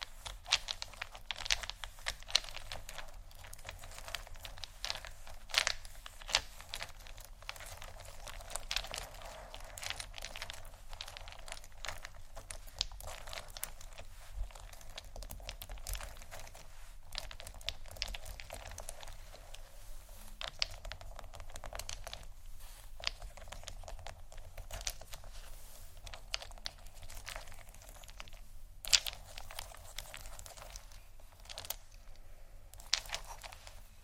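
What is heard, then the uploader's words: Bags are handled, giving a dense run of crinkling and rustling that never settles. Sharp, bright crackles come in quick irregular bursts, some louder snaps near 6, 17 and 29 seconds, over a faint low hum. ASMR 4 Textured Bags 1 Hour（No Talking）.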